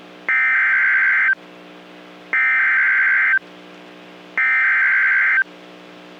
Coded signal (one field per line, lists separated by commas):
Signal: Emergency Alert System (SAME) tones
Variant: header bursts